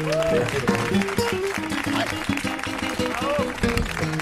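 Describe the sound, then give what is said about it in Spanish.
An audience breaks into steady, sustained applause for a performer being introduced on stage, a dense crackle of clapping that carries on for several seconds, with cheering voices or music mixed underneath. “fuerte el aplauso.”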